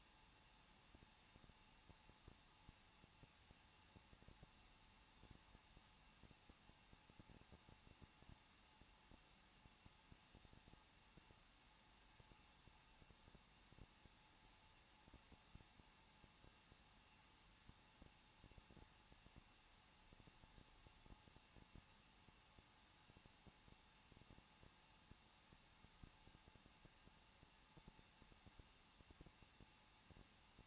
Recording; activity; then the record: daily activity, microphone in the room; no activity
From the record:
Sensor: 1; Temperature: 20.1 degrees Celsius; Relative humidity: 39.1%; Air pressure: 1006.5 hPa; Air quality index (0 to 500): 216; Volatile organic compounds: 73 ppm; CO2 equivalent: 3545 ppm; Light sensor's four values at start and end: 1/2/1/1 and 1/2/1/1